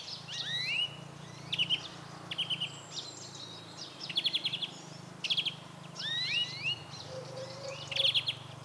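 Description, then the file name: European greenfinch-type twittering: short ticking trills mixed with rising whistled notes and chirps, over a steady low hum. "Chloris chloris"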